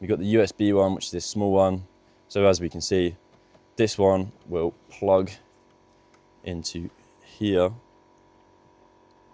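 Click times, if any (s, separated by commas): none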